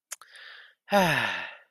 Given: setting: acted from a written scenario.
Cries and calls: vocal sound without words; serenity

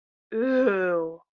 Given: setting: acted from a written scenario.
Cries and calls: vocal sound without words; disappointment

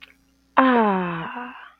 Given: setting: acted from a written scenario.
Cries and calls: vocal sound without words; contentment

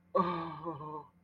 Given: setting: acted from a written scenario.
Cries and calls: vocal sound without words; fear

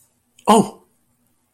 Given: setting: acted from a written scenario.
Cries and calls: vocal sound without words; embarrassment

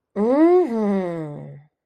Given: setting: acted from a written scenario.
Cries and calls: vocal sound without words; pride

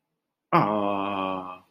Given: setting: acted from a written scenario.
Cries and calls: vocal sound without words; adoration

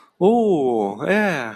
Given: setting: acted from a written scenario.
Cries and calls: vocal sound without words; sympathy

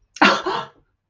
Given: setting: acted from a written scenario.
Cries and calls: vocal sound without words; amusement

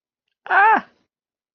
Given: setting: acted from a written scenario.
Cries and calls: vocal sound without words; positive surprise

